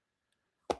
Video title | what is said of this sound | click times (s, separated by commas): It Gets Better… | and it snaps in there. | 0.7 s